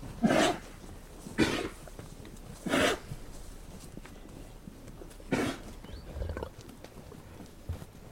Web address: Hollywood Edge Historical Series Traffic Free BG's Coughing Cows Cows Milling In